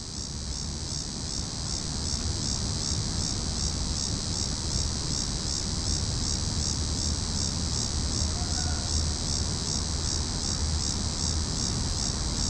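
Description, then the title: Cicadas sing a high, rasping drone with regular throbbing pulses, steady from start to end over low rumbling noise. Several cicadas calling in a tree. "neoscenes: cicadas in tree"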